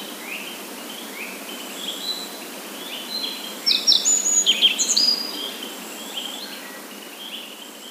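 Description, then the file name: Yellow bunting sings one short burst of high, sharp whistles and chirps in the middle, with fainter high notes around it. "nojiko"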